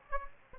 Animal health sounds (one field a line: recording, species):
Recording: mosquito wingbeat signal from an infrared sensor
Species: Aedes aegypti